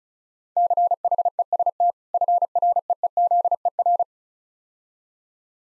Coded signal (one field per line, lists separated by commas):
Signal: Morse code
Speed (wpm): 35 wpm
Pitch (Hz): 700 Hz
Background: none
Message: CHEST FREEZER